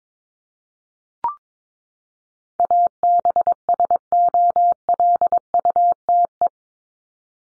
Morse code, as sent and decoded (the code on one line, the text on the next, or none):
.- -... ... --- .-.. ..- - .
ABSOLUTE